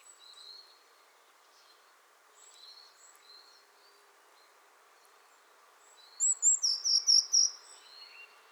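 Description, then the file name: Eurasian blue tit: soft high notes at first, then near the end a quick series of six sharp, thin, high notes. "Cyanistes caeruleus"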